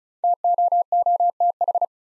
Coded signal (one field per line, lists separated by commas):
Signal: Morse code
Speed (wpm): 36 wpm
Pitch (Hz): 700 Hz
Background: none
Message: TOOTH